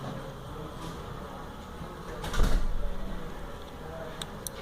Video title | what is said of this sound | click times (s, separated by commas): Volkswagen Electrical Connector take apart | it in and you hear that snap it's locked in | 4.2 s, 4.5 s